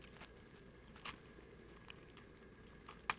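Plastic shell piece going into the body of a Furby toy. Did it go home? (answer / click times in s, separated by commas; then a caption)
yes / 3.1 s. A plastic shell piece is pressed back into place in the body of a 1998/1999 Furby toy during reassembly, under the peeled-back fur. Soft handling and rustling sounds lead up to a single sharp, loud click at 3.1 seconds as the piece snaps into place and seats.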